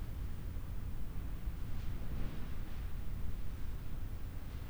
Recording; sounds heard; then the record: poultry house recording; no chicken sound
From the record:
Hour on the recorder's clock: 22